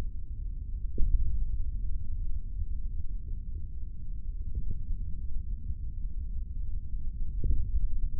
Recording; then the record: forearm muscle sounds (acoustic myography)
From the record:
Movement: index flexion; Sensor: system 3, bracelet of six PUI Audio POM-2738L microphones around the upper forearm, with dedicated amplification and filtering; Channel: 1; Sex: male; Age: 25 years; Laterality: right